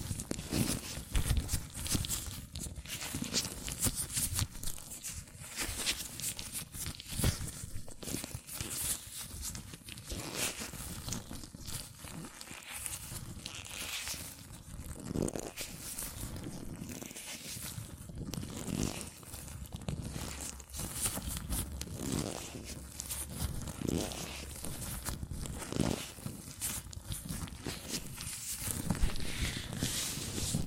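Latex gloves rubbing, stretching and squeaking on hands, a busy, continuous stream of crinkly friction with quick snaps and smears throughout. Short bright squeaks rise out of it every few seconds, and a low rumbling thump sits underneath the whole time.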